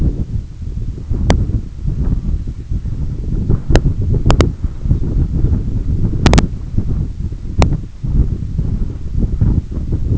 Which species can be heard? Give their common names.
none